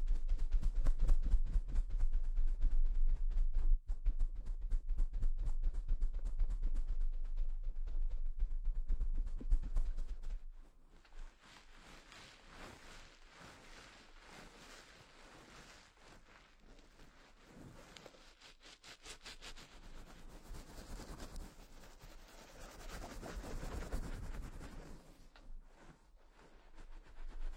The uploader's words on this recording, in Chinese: 疗愈SPA！头部调理，深度放松。